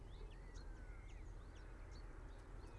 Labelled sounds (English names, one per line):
Common Chaffinch